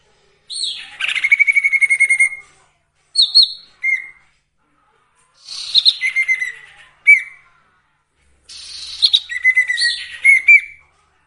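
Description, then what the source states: Sirtu song: several phrases of rapid buzzy trills and chattering notes, with short whistled notes between. Masteran (training) recording of sirtu song with full variations, used for training songbirds.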